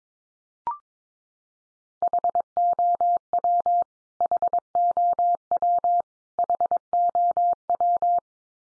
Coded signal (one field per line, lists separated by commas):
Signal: Morse code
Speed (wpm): 22 wpm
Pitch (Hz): 700 Hz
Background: none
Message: HOW HOW HOW